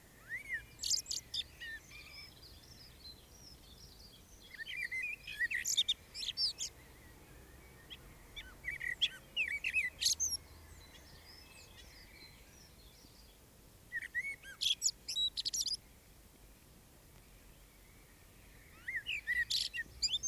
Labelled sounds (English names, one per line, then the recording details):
Common Blackbird song
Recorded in the wild
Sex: male
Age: adult
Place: Bielefeld-Mitte, Nordrhein-Westfalen, DE
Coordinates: 52.0075, 8.54806
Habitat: residential district
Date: 1969-05-31
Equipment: Uher 4000 Report-S, Bändchenmikro Beyer M 260, Parabolspiegel Polyester (470 mm)
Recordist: Conrads, Klaus